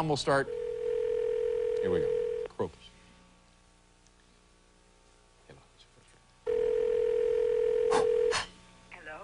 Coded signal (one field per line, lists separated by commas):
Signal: telephone call progress tone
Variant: North America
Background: speech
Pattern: ringback tone